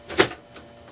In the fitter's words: and once you hear that one click you know it's in there